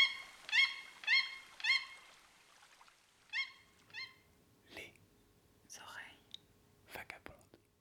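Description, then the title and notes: Toucan yelps, three strong harmonic notes in a row, then two fainter ones, followed by scattered clicks and other brief sounds. Toucans singing in the Amazon rainforest, flooded forest of Petit Saut lake, sunny late afternoon, approached by canoe towards a bank. "Le chant des toucans. nous sommes dans la forêt amazonienne. la forêt inondée du lac de petit saut. par cette fin d’après-midi ensoleillée"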